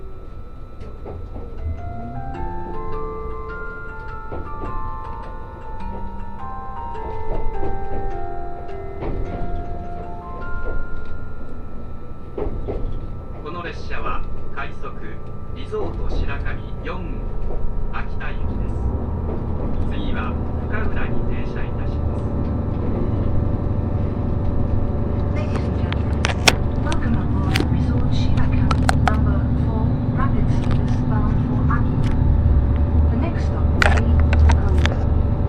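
The Resort Shirakami No. 4 train pulls away: rising stepped tones early, then a growing low rumble with frequent sharp clicks and rattles after twenty-five seconds.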